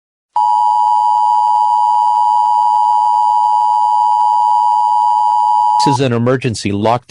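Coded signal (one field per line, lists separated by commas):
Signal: Emergency Alert System (SAME) tones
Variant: 853 and 960 Hz attention tone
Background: speech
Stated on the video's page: Simulated EAS scenario.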